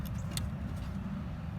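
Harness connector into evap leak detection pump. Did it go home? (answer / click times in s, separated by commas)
yes / 0.4 s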